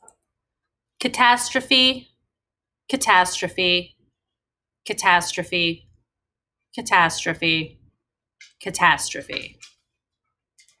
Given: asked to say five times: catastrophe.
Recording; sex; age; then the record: repeated word; female; 30 to 39 years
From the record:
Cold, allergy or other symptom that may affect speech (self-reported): no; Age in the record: 38 years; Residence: Pennsylvania, United States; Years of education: 16